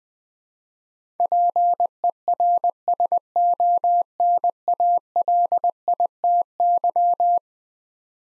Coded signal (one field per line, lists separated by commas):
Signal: Morse code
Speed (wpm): 20 wpm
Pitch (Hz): 700 Hz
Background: none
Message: PERSONALITY